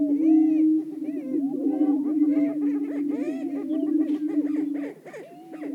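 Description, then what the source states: Greater prairie-chickens giving a low, steady booming drone with dense cackling and whooping calls above it, the drone fading out near the end. Several greater prairie-chickens calling.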